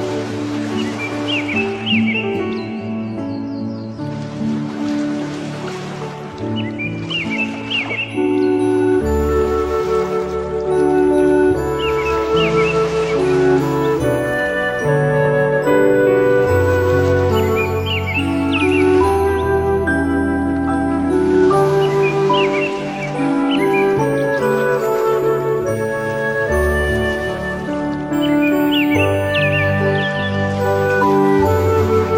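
Gentle instrumental music plays throughout, with sustained chords, a deep bass that shifts every few seconds, and soft high shimmering notes. Seagull-like cries rise above it roughly every five to six seconds. Steady and full, with no sharp breaks.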